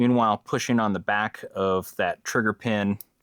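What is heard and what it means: Someone talks while reassembling the fire control insert of a Ruger RXM pistol, keeping light pressure on the assembly and pushing on the back of the steel trigger pin. Only speech is heard, and the trigger pin has not yet popped into place; nothing has seated or clicked.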